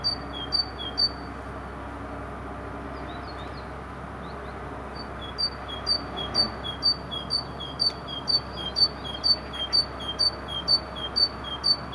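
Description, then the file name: Great tit song: sparse high notes at first, then a steady two-note phrase alternating higher and lower pitches, repeated about twice a second. "Parus major"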